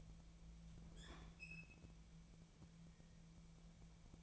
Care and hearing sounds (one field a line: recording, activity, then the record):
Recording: daily activity, microphone in the room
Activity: open fridge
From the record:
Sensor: 1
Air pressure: 1000.1 hPa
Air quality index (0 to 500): 134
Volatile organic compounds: 2 ppm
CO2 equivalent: 1263 ppm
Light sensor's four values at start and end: 37/94/40/49 and 37/94/39/48